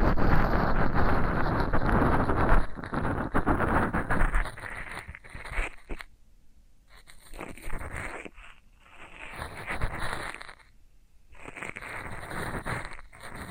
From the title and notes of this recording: ASMR Satisfying Tingle Stimulating Floral Foam Sounds for Sleep (No Talking).